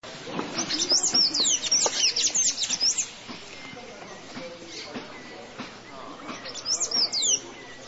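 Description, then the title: Bird song of rapid high, squeaky chirps and twittering notes in a dense burst for about two and a half seconds, then a short similar phrase near the end. "LuckyPassaro Completos2Sama"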